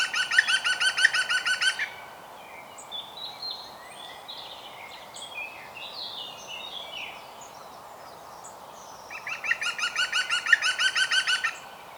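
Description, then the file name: European green woodpecker giving two bursts of rapid ringing laughing notes, one at the start and one near the end, with softer chirps between them. "Groene Specht Picus viridis"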